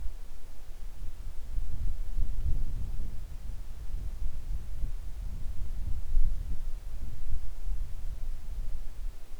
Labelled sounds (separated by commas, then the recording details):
wind
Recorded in the Arctic National Wildlife Refuge, Alaska, on 3 August 2019 at 10:36
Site 41